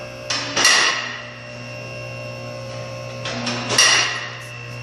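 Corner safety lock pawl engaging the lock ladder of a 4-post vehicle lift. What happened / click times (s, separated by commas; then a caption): The lift safety locks clicked into place / 0.3 s, 3.8 s. On a Titan 4-post car and truck lift with 12,000-pound capacity, the spring-loaded safety lock pawls on the corner posts engage the steel lock ladders as the lift moves, showing the cables are set right. Two loud metallic clacks are heard at 0.3 s and 3.8 s over a steady low hum. The locks click into place.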